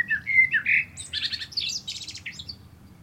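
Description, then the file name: Common blackbird song: a few rich fluted notes, then a dense, scratchy high-pitched twittering flourish that fades out. "Turdus merula"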